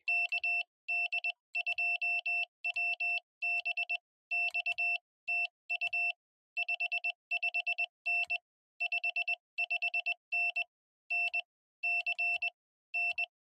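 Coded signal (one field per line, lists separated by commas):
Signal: Morse code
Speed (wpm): 20 wpm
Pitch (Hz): 2700 Hz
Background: none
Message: KD2WBX TU 55N 55N NC N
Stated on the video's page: Morse code from a QRP portable Parks On The Air activation at a two-park site, Yadkin River State Game Land and State Trail.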